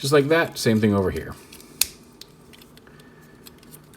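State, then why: Seated. Someone talks while pushing the locking tab on the foot of the second plastic leg into the lower-leg slot of a Transformers Studio Series Deluxe Soundwave action figure. A single sharp snap at 1.8 s shows the tab seating almost automatically, followed by a few faint small clicks.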